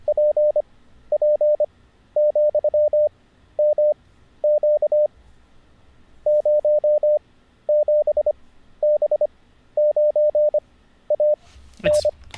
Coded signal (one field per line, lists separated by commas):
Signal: Morse code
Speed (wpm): 25 wpm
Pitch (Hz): 590 Hz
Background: none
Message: PP,MQ 07B9AN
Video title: How to Learn Morse Code (Day 44) [Livestream]